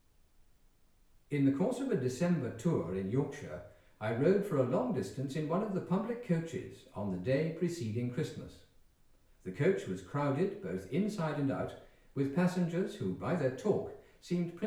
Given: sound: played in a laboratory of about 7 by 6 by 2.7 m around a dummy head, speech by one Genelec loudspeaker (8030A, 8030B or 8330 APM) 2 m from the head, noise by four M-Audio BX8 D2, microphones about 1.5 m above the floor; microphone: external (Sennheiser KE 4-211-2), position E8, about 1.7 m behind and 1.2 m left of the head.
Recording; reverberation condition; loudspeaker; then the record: male speech in English; medium; 60 degrees to the right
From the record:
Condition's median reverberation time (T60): about 510 ms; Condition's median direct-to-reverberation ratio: about -0.5 dB